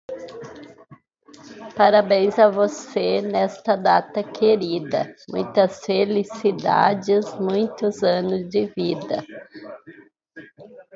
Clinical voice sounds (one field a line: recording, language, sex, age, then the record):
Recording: short text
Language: Brazilian Portuguese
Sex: female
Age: 50 to 59 years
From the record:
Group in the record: control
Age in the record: 51 years